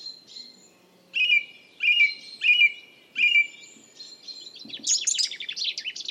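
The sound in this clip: Song thrush song with one short phrase repeated four times in steady succession, followed by a high, rapid, jumbled twitter.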